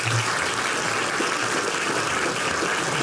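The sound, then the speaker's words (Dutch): Steady audience applause, a dense wash of many hands clapping at an even, sustained level with no voices standing out, continuing without a break for a few seconds. The applause also marks the start of the second song. “En dat applaus is tevens bedoeld, bedoeld als start voor het tweede nummer”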